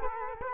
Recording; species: mosquito wingbeat signal from an infrared sensor; Culex quinquefasciatus